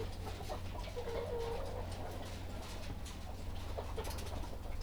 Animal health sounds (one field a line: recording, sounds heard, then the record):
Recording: poultry house recording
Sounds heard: healthy chickens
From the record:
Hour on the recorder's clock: 20